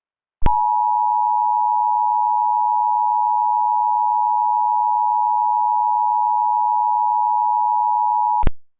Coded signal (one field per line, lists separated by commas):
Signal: Emergency Alert System (SAME) tones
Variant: 853 and 960 Hz attention tone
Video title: EAS Scenario Deleted Scenes: The Freezing One (Part 1)